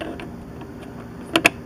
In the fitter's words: it snaps right in so